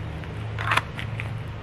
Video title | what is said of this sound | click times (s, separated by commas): Falco Bellyband holster --- The holster you didn't know you needed | hear that click good | 0.8 s